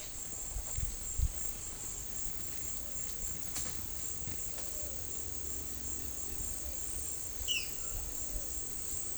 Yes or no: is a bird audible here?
yes